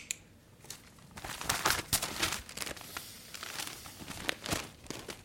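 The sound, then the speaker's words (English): Newspaper pages rustle and crinkle as someone handles the paper to do a crossword, in a steady run of soft, papery crackles and brief crisp swishes, moderately loud with no voices over them. “I do a bit of a crossword. Perhaps that'll send me off. Did you bring the paper up?”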